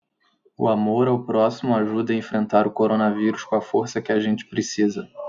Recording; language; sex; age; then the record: spoken sentence; Brazilian Portuguese; male; 20 to 29 years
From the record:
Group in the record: control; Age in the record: 26 years